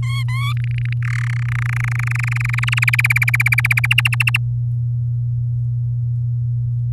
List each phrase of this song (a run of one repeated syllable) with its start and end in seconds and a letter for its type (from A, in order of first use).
0.02-0.53 A, 0.57-0.93 B, 1.02-1.31 C, 1.32-2.65 D, 2.67-4.37 E